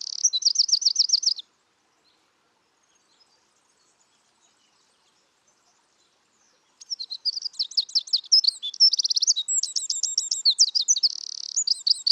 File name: Troglodytes troglodytes